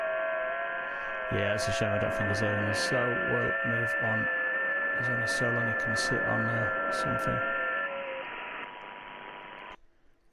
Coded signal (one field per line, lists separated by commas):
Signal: FT8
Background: speech